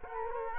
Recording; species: mosquito wingbeat signal from an infrared sensor; Culex quinquefasciatus